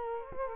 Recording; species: mosquito wingbeat signal from an infrared sensor; Culex quinquefasciatus